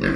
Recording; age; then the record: pig call; growing-finishing pig (85 days or more)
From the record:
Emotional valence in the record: negative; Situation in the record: barren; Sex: male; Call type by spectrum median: low-frequency call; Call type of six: low-frequency modulated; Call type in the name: low-frequency modulated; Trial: 4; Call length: 0.16 s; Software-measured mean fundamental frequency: 47 Hz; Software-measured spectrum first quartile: 264 Hz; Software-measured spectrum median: 600 Hz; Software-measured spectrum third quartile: 1753 Hz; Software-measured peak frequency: 198 Hz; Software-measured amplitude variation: 149 dB a second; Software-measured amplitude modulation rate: 28.4 a second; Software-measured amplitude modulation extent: 5.3 dB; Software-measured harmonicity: 0.9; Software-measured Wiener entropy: -1.80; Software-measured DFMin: 979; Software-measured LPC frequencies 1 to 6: 355, 1620, 2606, 3741, 4625, 5406 Hz